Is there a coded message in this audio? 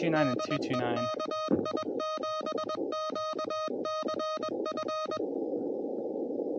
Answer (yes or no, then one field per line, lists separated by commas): yes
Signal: Morse code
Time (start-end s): 0.2-5.2 s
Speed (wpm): 21 wpm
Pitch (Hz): 1250 Hz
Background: speech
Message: DE KI7QCF